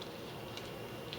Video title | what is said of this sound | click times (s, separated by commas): SlideBelt Leather BELT Reinvented Un Boxed Design Improvements | when you put it on, you'll hear it clicks. | 0.0 s, 0.6 s, 1.1 s